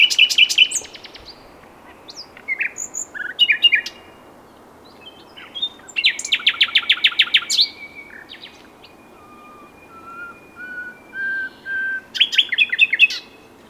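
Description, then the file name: Common nightingale song: loud rattling bursts and chirps, then a series of soft, pure whistles rising in loudness, ending with a rapid rattle. "Luscinia megarhynchos"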